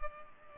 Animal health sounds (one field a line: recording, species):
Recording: mosquito wingbeat signal from an infrared sensor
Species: Culex pipiens